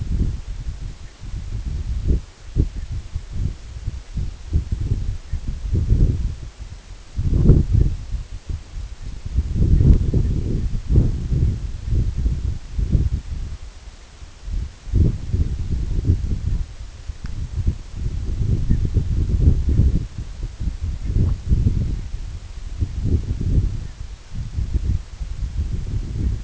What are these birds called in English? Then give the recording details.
Canada Goose. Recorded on Arctic tundra, site EABA-1, on 24 June 2018. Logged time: 10:00